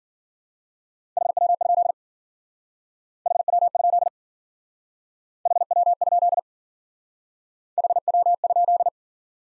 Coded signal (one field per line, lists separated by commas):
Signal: Morse code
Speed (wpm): 48 wpm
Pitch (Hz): 700 Hz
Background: none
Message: HW? HW? HW? HW?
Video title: Top 20 QSO Elements - Speed-Racing - 40wpm